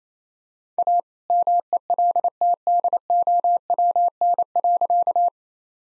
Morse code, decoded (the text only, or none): A MELTDOWN.